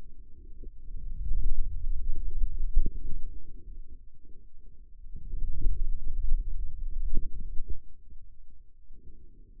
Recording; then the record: forearm muscle sounds (acoustic myography)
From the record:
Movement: hand closing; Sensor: system 2, bracelet of six BSWA MPA416 microphones around the upper forearm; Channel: 5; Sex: male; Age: 22 years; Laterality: right